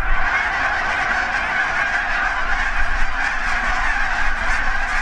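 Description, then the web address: Canada goose honks pour out from a large flock, loud and continuous, with some low rumbling beneath the calls. Geese taking off. "Canada Goose Sounds Goose Takeoff"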